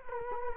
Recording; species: mosquito wingbeat signal from an infrared sensor; Culex quinquefasciatus